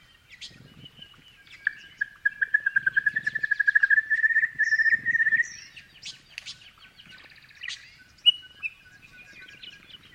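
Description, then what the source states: Grey-fronted honeyeater chirping: a fast, even trill of short notes that rises slightly in pitch for about four seconds, then scattered sharper chirps. Several grey-fronted honeyeaters chirping.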